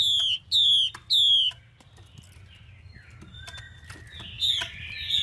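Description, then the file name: Chinese hwamei giving three loud, falling whistles in quick succession, a pause with softer twittering, then a brief warbled phrase. Female hwamei voice used to stimulate male birds. "Tieng chim hoa mi mai kich trong"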